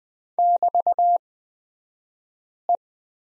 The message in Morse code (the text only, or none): <BT>E